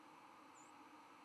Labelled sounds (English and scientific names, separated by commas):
White-throated Sparrow (Zonotrichia albicollis) flight call